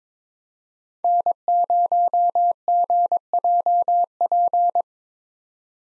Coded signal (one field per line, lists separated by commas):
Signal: Morse code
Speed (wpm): 21 wpm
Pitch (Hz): 700 Hz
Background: none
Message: N0GJP